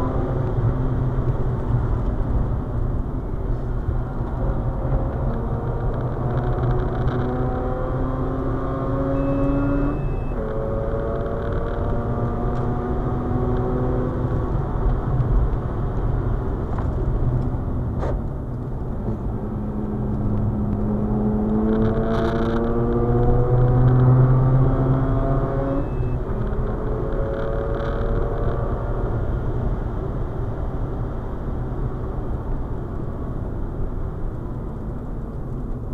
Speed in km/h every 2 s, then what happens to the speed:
123, 101, 105, 116, 126, 137, 144, 134, 96, 92, 100, 113, 121, 133, 130, 116, 98, 73.
0-3 brakes to 101. 3-12 speeds up to 144. 12-18 brakes to 92. 18-27 speeds up to 133. 27-36 brakes to 73.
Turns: 0-6, 17-23.